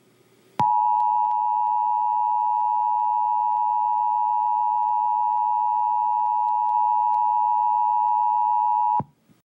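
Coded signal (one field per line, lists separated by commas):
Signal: Emergency Alert System (SAME) tones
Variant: 853 and 960 Hz attention tone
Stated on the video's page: Fictional EAS scenario with alerts relayed by the uploader.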